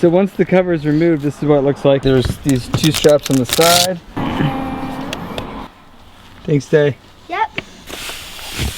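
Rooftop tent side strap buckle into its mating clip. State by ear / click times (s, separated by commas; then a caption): not seated / none. Someone talks while a rooftop tent's side strap buckle is handled near its mating clip after the cover comes off, with two brief sharp transients and a stretch of rustling handling noise in the middle. The clip ends before the buckle goes home, so nothing has clicked or seated yet.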